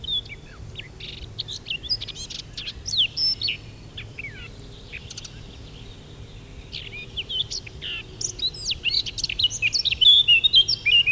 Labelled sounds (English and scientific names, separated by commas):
Eurasian Blackcap (Sylvia atricapilla) song